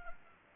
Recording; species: mosquito wingbeat signal from an infrared sensor; Anopheles gambiae